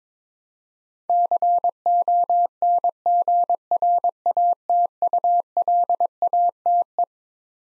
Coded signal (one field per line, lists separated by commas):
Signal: Morse code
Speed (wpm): 21 wpm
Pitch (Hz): 700 Hz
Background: none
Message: CONGRATULATE